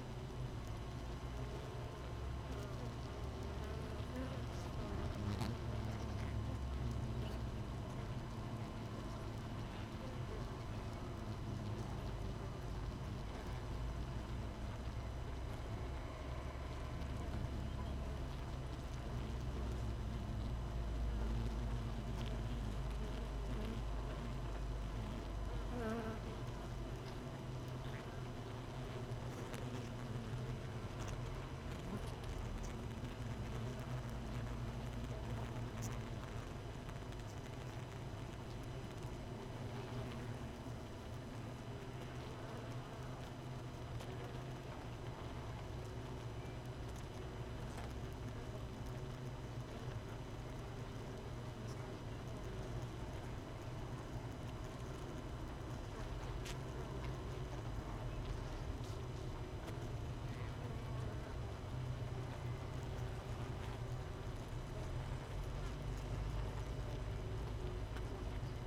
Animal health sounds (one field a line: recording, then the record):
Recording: honeybee colony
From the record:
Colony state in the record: missing queen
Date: 31 May 2018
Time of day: 6:07